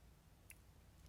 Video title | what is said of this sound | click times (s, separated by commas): Big but balanced diver - RZE Aspirare Titanium sexiness | and there we go now it popped in | 0.5 s